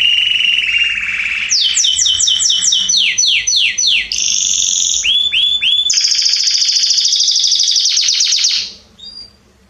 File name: Canary Voice